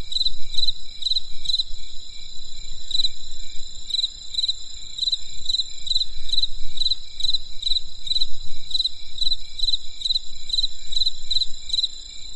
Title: There was a crisp sound of insects in the winter night.